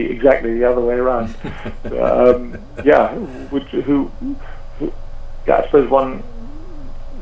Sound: laughs